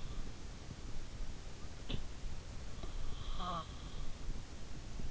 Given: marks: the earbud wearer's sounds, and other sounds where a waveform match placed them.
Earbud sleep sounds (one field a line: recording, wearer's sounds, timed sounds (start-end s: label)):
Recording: sounds in sleep by an in-ear microphone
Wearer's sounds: snoring breath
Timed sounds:
2.87-3.77 s: snoring breath